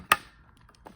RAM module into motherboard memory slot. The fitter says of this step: I'm going to push it in down and you're going to hear that click